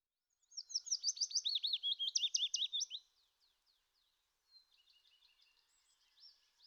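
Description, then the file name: Willow warbler singing one soft, descending run of clear whistled notes lasting under three seconds, followed by faint, thin chirps. "fitis"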